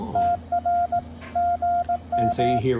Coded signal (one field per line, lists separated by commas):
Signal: Morse code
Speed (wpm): 18 wpm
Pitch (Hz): 700 Hz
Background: speech, radio noise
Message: TR GM